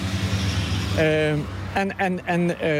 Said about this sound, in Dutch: En hier komen heel veel motoren langs. Deze weg is eigenlijk een beetje de aorta van het Heuvelland. Hier komt heel veel doorheen. Dus de bewoners van Sleenaken krijgen echt de volle lading. Daar komen ze weer.